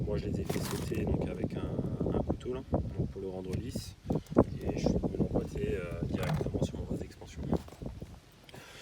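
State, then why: Not seated. Someone talks while pushing a homemade plastic cooling-system bleed adapter, its ridges shaved smooth with a knife, onto the coolant filler neck of a Citroën C4/DS4 1.6 or 2.0 HDi PSA engine. Light taps are heard near the end, around 7.9 s and 8.5 s. The adapter is still being handled and nothing has seated yet.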